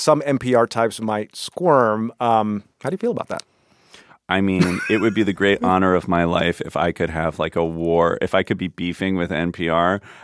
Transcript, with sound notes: Some NPR types might squirm. How do you feel about that (laughter)
I mean, it would be the great honor of my life if I could have, like, a war, if I could be beefing with NPR.